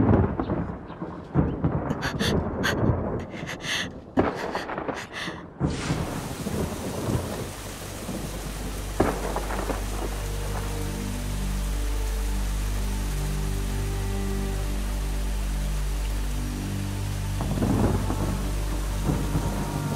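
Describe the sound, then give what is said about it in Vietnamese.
Heavy rain pours steadily while sharp thunder cracks and booms in the first seconds, then settles into a deep, continuous rumble under the downpour. “Sau này mẫu thân không cần phải sợ sấm chớp nữa.”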